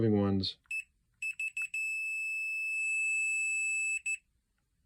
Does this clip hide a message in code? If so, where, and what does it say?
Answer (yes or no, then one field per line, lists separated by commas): no